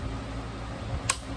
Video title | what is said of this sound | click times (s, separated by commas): FTT 221 Ring Lapping Lab | until you hear the click | 1.1 s